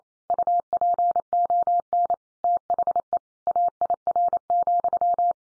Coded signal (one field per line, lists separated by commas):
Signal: Morse code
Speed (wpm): 28 wpm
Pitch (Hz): 700 Hz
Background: none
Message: UPON THE AIR,